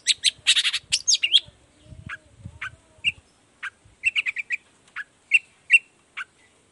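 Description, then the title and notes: Long-tailed shrike song: harsh chattering bursts at the start, then short, high notes spaced at irregular intervals. Energetic morning song with varied 'toet toet' notes, used as a lure to prompt other shrikes of any kind to reply quickly and open their beaks. "Cendet Gacor Dor Di Kala Pagi Toet Toet Variasi Suara. Cendet Gacor Efektif Pancingan Buat Cendet Jenis Apapun Agar Cepat Nyaut Buka Paruh. Burung cendet"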